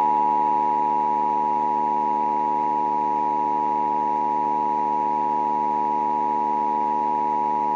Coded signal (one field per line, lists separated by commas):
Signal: Emergency Alert System (SAME) tones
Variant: 853 and 960 Hz attention tone